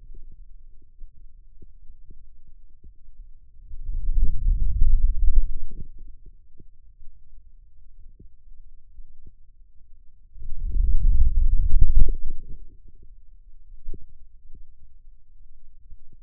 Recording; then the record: forearm muscle sounds (acoustic myography)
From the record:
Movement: wrist extension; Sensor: system 2, bracelet of six BSWA MPA416 microphones around the upper forearm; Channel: 1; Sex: male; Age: 22 years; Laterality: right